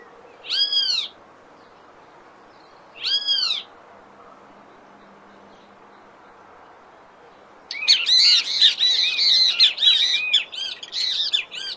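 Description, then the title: Great kiskadee calls twice with single arched, raspy notes, then breaks into a long run of fast, grating chatter. Wild, singing in nature, Brazil. "O CANTO DO BEM TE VI NA NATUREZA Aves Do Brasil"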